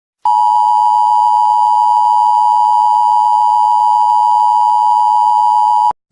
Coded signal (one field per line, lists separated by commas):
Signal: Emergency Alert System (SAME) tones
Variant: 853 and 960 Hz attention tone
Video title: EAS Scenario#1: HALLOWEEN SPECIAL EAS